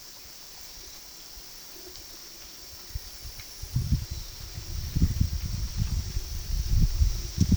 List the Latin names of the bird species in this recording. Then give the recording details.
none. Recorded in pastures near Puerto Asís, Putumayo, Colombia, on 19 February 2024 at 11:30. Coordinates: 0.468, -76.328. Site G6414